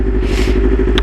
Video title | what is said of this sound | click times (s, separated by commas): TAKING MY SUPERBIKE TO DRIVING SCHOOL - RECKLESS DRIVING - SUSPENDED LICENSE | that second click just never gets registered for me like I have to push it over to the side | 1.0 s